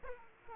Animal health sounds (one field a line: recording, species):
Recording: mosquito wingbeat signal from an infrared sensor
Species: Aedes aegypti